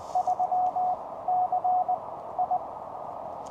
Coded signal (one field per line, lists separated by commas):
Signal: Morse code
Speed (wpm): 20 wpm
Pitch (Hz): 730 Hz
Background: none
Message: 3CI